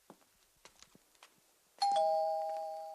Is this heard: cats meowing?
no